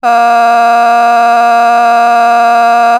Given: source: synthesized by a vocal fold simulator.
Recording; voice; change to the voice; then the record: sustained vowel; female; vocal strain, level 7 of 10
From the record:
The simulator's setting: 0.67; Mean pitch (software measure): 235 Hz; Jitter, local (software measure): 0.77%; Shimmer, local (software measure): 3.9%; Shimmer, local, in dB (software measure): 0.34 dB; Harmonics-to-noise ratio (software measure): 20.8 dB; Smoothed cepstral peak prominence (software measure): 20.0 dB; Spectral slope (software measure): -17.9 dB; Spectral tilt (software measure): -8.0 dB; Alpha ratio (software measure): -8.4 dB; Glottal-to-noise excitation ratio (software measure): 0.970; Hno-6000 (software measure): 1.9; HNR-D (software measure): 40.2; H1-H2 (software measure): -1.8 dB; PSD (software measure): 5.0e-05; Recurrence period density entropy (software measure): 0.118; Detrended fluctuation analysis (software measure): 0.0102